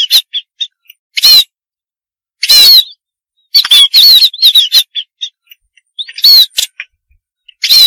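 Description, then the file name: Munia produces repeated rasping bursts and thin quavering whistles, scattered throughout with brief quiet gaps and a denser chattering run in the middle. "suara burung pipit"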